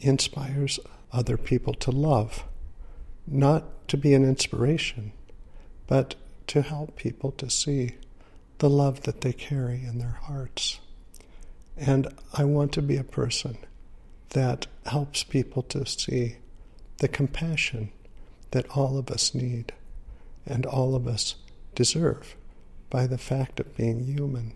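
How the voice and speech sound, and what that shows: Slow, quiet speech from an adult man with drawn-out words, frequent pauses and some creak: a weak voice from progressing ALS, near the end of his life, with weakened body and breath.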